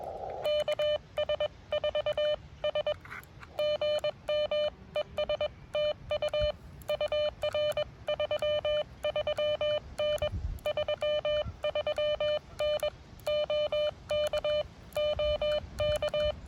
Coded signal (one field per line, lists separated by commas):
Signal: Morse code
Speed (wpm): 22 wpm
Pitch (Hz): 600 Hz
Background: none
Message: KS4S GM ES TU UR 33N 33N OK OK